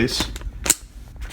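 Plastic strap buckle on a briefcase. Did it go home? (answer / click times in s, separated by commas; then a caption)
yes / 0.7 s. Someone talks as the plastic strap buckle on a Mystery Ranch 3-Way convertible briefcase is snapped shut, giving a sharp plastic click at 0.7 s. The buckle is fully latched.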